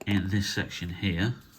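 A plastic build-a-figure leg for a toy Grail table is handled and lined up with its socket on the tabletop while someone talks. No snap is heard, and the leg has not yet seated or clicked into place by the end of the clip.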